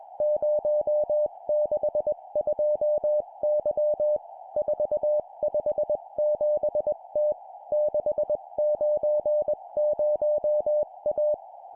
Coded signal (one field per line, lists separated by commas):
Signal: Morse code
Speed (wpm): 21 wpm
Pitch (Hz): 600 Hz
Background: none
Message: 062Y 457T 690A